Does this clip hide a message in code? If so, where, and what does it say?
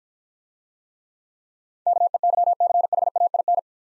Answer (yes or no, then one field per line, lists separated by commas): yes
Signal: Morse code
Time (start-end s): 1.9-3.6 s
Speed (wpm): 50 wpm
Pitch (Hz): 700 Hz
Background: none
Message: KEYCHAIN